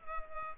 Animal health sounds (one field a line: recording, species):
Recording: mosquito wingbeat signal from an infrared sensor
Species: Culex pipiens